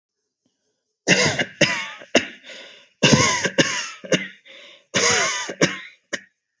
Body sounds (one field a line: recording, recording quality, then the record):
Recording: heavy voluntary cough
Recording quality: excellent, no background noise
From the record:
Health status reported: healthy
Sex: male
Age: 30 years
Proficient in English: yes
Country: India